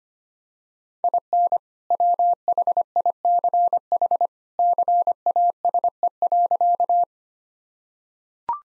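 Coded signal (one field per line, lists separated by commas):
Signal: Morse code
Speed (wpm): 25 wpm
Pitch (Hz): 700 Hz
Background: none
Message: IN WHICH CASE.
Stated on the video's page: 25 wpm Morse head-copy drill of sentences built on common two-word phrases; each is sent, spoken, then sent again.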